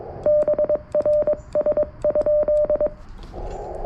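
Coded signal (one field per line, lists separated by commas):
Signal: Morse code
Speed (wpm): 22 wpm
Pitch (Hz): 600 Hz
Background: radio noise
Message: BRS?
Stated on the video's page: CW park activation (POTA) with an FX-4CR transceiver, TPIII key, and a Sporty Forty coil with 213-inch whip.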